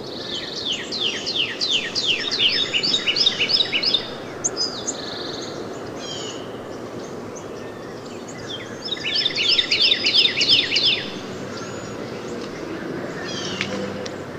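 Northern cardinal song: two rapid bursts of repeated downslurred whistles, the first lasting about four seconds and the second about two, with faint other bird notes and a constant background hiss between.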